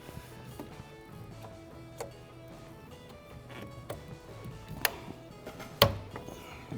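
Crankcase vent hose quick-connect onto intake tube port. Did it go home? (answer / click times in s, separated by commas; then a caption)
yes / 4.9 s, 5.8 s. The crankcase ventilation hose with the orange tab is pushed onto the shiny port of the intake tube while installing an Injen Evolution cold air intake on a 2021+ Ford Bronco 2.7L. Over background music and faint ticks, its plastic quick-connect latches with two sharp, loud clicks at 4.9 s and 5.8 s. The hose is seated on the port.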